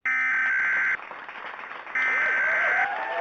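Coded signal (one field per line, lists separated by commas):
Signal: Emergency Alert System (SAME) tones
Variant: header bursts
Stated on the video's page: Recreation of a tsunami warning EAS alert for a shake-out drill, with text-to-speech, not the original audio.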